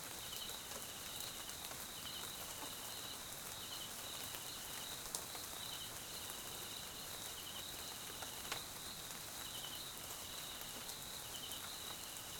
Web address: Tonschliff - SOUTH AFRICAN CRICKETS BG Swaziland Mkhaya Jungle Night Rain